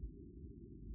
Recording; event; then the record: neck accelerometer signal played as sound; no cough (speech, laughter, throat clearing or background)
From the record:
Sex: female